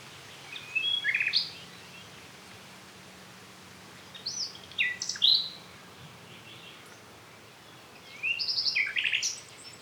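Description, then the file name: Common nightingale song phrases, a few short bursts of sharp whistled and chattering notes separated by pauses, over steady background hiss. "Luscinia megarhynchos"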